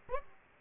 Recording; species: mosquito wingbeat signal from an infrared sensor; Aedes aegypti